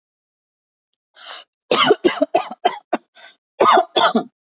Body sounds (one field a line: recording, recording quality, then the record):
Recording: heavy voluntary cough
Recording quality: excellent, no background noise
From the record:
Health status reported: healthy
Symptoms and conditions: none ticked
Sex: female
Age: 45 years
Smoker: not ticked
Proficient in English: yes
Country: India